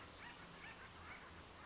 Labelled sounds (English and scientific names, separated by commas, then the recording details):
Acorn Woodpecker (Melanerpes formicivorus)
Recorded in Sonoma County, California